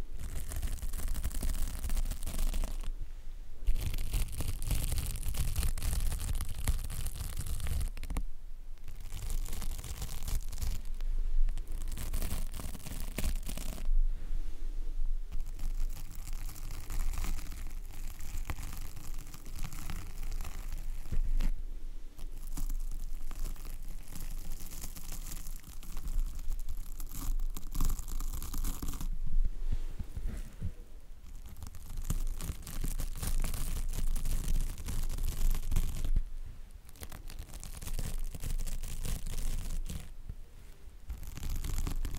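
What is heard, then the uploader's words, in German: A microphone is scratched and rubbed through most of the clip, a dense rustling with heavy low rumble and bright scraping. The scratching stops briefly at several points, near 3, 8, 14, 29 and 36 seconds, leaving short near-silent gaps. Mic Scratching. In dieser Folge erzeuge ich mit meinem Mikrofon Schutz Kratzgeräusche.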